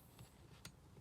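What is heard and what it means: The T-shank of a blade is pushed one-handed into the blade clamp of a TITAN electric jigsaw after a first try that was not pushed all the way in. A faint bump near 0.2 s is followed by a sharp, bright click at 0.7 s as the blade locks into the holder.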